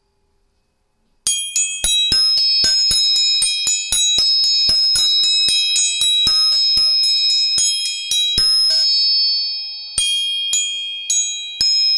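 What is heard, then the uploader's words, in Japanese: After a second of silence, tuning forks are struck again and again in quick succession, their bright, bell-like tones ringing steadily underneath. 音叉チューニング全体性。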